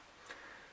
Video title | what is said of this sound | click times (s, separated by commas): Opinel No 8: Some info and some mods! | just pull it open when you turn the lock there and it locks into place the | 0.3 s